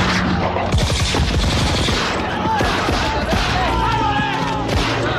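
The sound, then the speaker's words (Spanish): Dense battle gunfire with rapid machine gun bursts crackling continuously, sharp repeated shots layered over a loud, steady roar of combat noise with faint shouting voices mixed in. “Cuerpo a cuerpo, a bayoneta calada, tiros a quemarropa, con cuchillos, pedradas o con las propias manos.”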